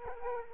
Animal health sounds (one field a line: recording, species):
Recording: mosquito wingbeat signal from an infrared sensor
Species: Aedes aegypti